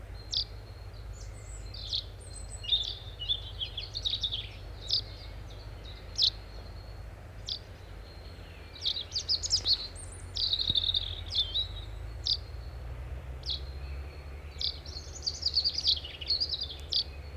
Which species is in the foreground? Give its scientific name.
Fringilla coelebs